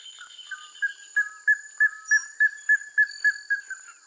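Plumbeous ibis giving a series of loud, evenly spaced notes, about three per second, over a steady high insect drone.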